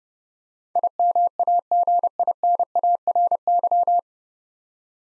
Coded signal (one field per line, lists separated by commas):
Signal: Morse code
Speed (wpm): 28 wpm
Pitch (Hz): 700 Hz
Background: none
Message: IMAGINARY